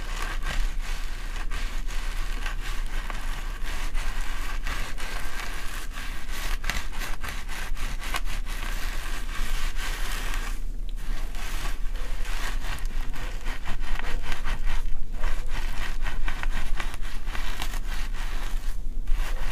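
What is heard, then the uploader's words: Oil being worked into a scalp makes a dense, steady rubbing and scratching, with quick strokes that crackle and rasp almost without pause. The texture is bright and busy throughout, easing only briefly around 11, 15 and 19 seconds before resuming. ASMR Dandruff Removal & Scalp Check Scalp Plucking, Oiling, Treatment, Massage. Scalp oiling with oil based treatment.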